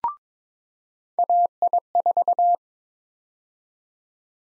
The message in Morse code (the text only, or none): AI4